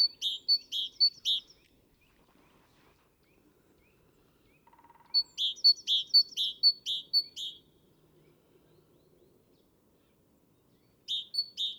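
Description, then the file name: Great tit in three quick bursts of alternating clear high and buzzier lower notes, with quiet pauses between; the last burst is cut off. "Parus major"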